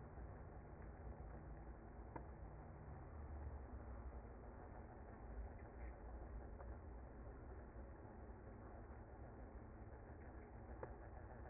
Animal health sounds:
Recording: honeybee colony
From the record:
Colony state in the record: active

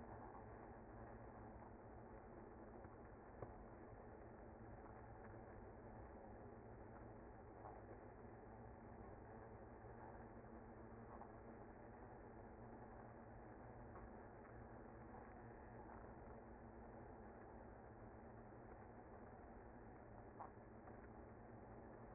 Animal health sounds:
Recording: honeybee colony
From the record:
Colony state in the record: active

